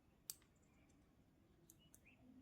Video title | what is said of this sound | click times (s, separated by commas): New Gopro mana chanel lo #goprohero8black | అంతే tick మనకు తెలుస్తుంది సెట్ అయినట్టు. | 0.3 s